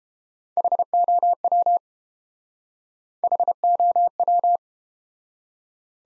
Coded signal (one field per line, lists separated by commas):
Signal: Morse code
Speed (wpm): 31 wpm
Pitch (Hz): 700 Hz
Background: none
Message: HOW HOW